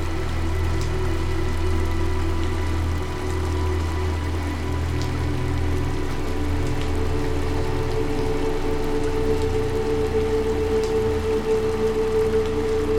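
Steady, gentle rain patter with scattered individual drops ticking through, set against a constant low drone and soft sustained musical tones. The level holds even throughout, and a clearer held note rises in the middle range from about eight seconds on.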